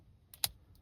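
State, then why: Seated. The orange locking clips on the airbag connectors of a Panamera 971 steering wheel are pushed down so they engage the shorting bars. A faint tick at 0.3 s leads into one sharp, bright click at 0.4 s, and two softer ticks follow near 0.8 s. The connector locking clip is seated.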